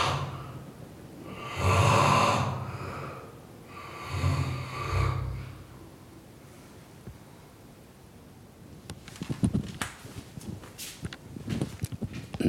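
A man snoring through a closed door: two deep, rattling snores a few seconds apart, muffled, then rustling room noise. Recorded in the field during an expedition to Siberia in early 2022.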